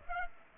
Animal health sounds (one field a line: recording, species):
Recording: mosquito wingbeat signal from an infrared sensor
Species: Aedes aegypti